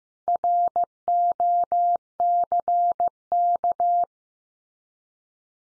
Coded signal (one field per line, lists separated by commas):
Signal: Morse code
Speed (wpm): 15 wpm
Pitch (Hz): 700 Hz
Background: none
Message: ROCK